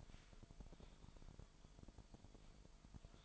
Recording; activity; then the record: daily activity, microphone in the room; typing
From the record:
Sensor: 5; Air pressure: 1002.1 hPa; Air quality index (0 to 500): 228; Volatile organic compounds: 30 ppm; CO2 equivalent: 2960 ppm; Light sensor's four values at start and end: 10/24/10/11 and 10/24/10/11